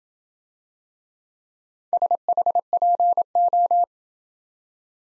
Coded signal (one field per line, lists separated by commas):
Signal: Morse code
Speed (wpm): 27 wpm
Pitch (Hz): 700 Hz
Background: none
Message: SHPO